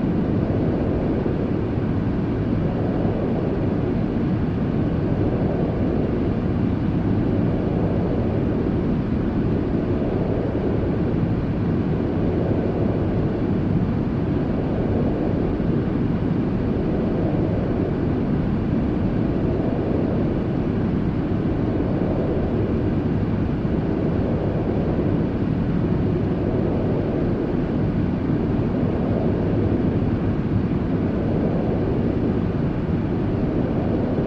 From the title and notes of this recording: White Noise Baby Sleep Soundscape.